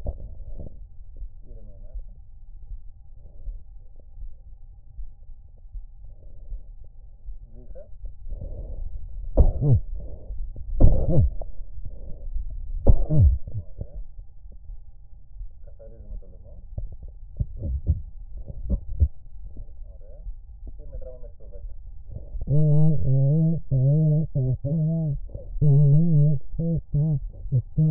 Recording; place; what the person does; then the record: lung sounds by stethoscope; right anterior apical chest; quiet breathing, then cough and speech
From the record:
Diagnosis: COPD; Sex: female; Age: 80 years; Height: 160 cm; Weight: 62 kg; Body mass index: 24.2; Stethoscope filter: extended mode